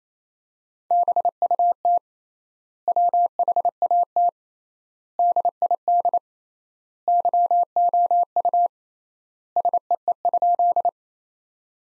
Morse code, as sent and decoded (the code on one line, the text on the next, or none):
-... ..- - / .-- .... .- - / -.. .. -.. / -.-- --- ..- / ... . . ..--..
BUT WHAT DID YOU SEE?